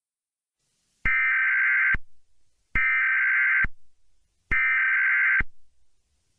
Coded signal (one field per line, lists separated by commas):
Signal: Emergency Alert System (SAME) tones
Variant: header bursts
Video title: EAS Scenario - Surreal Destruction -